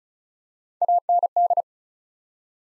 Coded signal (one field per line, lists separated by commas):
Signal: Morse code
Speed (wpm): 36 wpm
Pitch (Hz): 700 Hz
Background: none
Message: AND